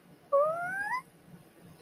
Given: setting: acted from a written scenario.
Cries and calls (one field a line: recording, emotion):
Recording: vocal sound without words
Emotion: adoration